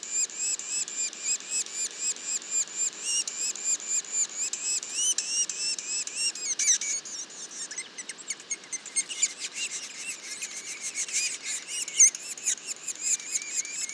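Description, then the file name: Yellow-bellied sapsucker juveniles calling: a dense, irregular series of rapid nasal notes with occasional sharper, louder squeaks standing out. Juveniles; Mont-Orford National Park, Quebec. "pic macule. parc national du mont orford"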